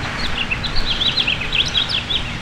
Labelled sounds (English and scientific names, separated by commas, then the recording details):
House Finch (Haemorhous mexicanus) song
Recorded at Oakdale on Long Island, New York, on 18 June 2013
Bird C